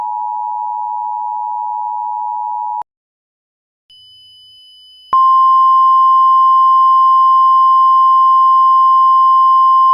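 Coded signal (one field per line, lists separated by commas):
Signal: Emergency Alert System (SAME) tones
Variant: 853 and 960 Hz attention tone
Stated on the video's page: Mock EAS tornado warning, not a real alert.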